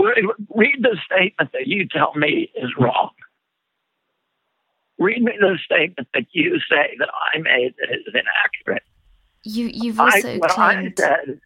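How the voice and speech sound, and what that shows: Adult male speaker with spasmodic dysphonia, a condition of the muscles in the throat that leads to a shaking voice.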